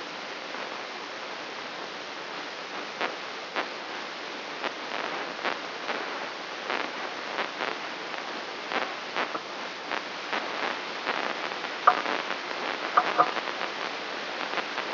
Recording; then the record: brain microelectrode recording played as sound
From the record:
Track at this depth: outside the subthalamic nucleus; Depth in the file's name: 7.86 mm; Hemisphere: left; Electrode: 3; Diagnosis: Parkinson's disease